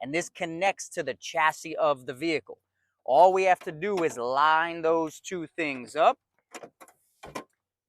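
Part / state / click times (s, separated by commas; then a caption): ISOFIX latch connector of a booster-seat-style safe onto the vehicle's anchor bar / seated / 7.2 s, 7.4 s. Someone talks while lining up the ISOFIX latch connectors of a booster-seat-style safe with the metal anchor bars on the vehicle's chassis and pushing them through. Two short clicks at 7.2 s and 7.4 s mark the connectors locking onto the anchor bar, and the safe is seated.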